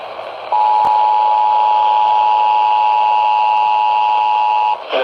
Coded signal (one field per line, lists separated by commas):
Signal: Emergency Alert System (SAME) tones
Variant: 853 and 960 Hz attention tone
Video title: EAS SVR #6 (From LWX) 7/9/25 (Credit Goes To @SouthernPennsylvaniaWX)